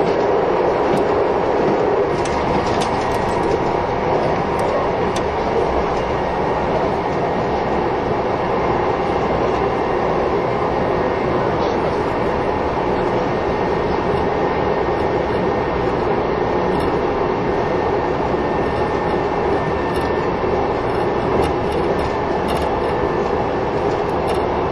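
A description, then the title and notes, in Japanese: A train running along the track, a steady dense rumble that holds level for the whole stretch. Low wheel and motor roar fills the bottom, with a faint whining tone above and scattered small clicks and rattles throughout. 近鉄16000系 吉野特急4508レ 01/01:吉野～大阪阿部野橋。This is the train running sound (still image) of the ``Yoshino Express''。列車走行音。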